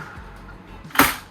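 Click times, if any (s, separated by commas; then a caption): 1.0 s. In the living area of a 2021 Voltage 3615 RV, a fold-down fixture, probably the loft, is lowered so no one keeps running into it. A quiet rustle rises just before a sharp click at 0.99 s as the fixture locks into its down position.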